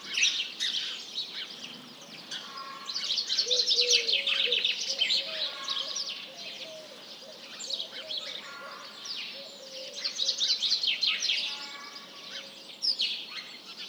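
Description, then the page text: House Sparrows: busy flock chatter, bursts of sharp chirps swelling and fading. Large flock calling in the morning; recorded 1 March 2007 at 07:30. "Réveil des oiseaux. BigSoundBank"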